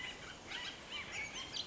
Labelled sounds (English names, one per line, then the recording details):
Bullock's Oriole
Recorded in Sonoma County, California